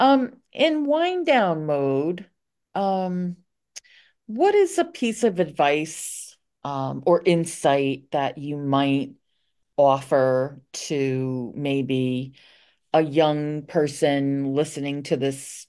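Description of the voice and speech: A woman speaks at a relaxed pace in a quiet small room, asking a closing question about advice for a young listener. Her voice is clear and moderately pitched, with ordinary 'um' fillers, a few drawn-out words and thinking pauses. This is ordinary conversational speech.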